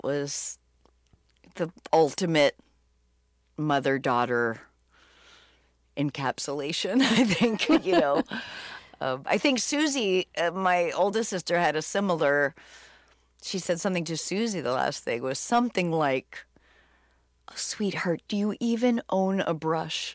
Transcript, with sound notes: It was the ultimate mother-daughter encapsulation, I think, you know.
(Laughter).
I think Susie, my oldest sister, had a similar - she said something to Susie. The last thing was something like, oh, sweetheart, do you even own a brush?